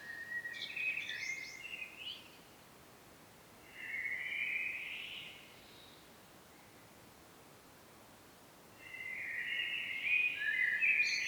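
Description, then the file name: Common blackbird song: three separate mellow, fluting phrases, some with high twittering notes, separated by pauses of a few seconds. "Turdus merula"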